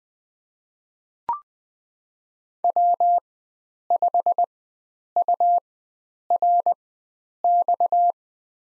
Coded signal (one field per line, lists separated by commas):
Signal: Morse code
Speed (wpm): 20 wpm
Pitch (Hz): 700 Hz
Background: none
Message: W5URX